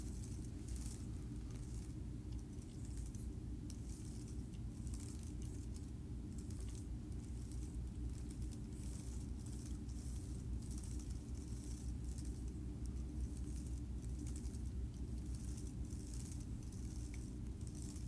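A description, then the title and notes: Fingers run lightly across a keyboard, making soft, bright ticks and brushing clatters that come in irregular flurries throughout. A heavy, steady low rumble, like an engine or vehicle, runs underneath the whole time at an even level. ASMR Running Fingers Across Keyboard Lightly.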